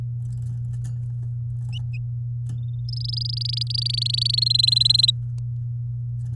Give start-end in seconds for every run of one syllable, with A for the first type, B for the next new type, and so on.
2.89-4.36 A, 4.37-5.11 B